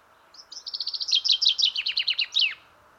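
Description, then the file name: Common chaffinch song: rapid high trill of short notes that slows into lower, descending chirps and closes with an emphatic final flourish. "Fringilla coelebs"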